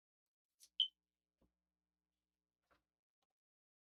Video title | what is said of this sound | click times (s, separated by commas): 🔥LIVE!🔴BUILDING MY RESELL PC 🔴 | get that double click. | 0.6 s, 0.8 s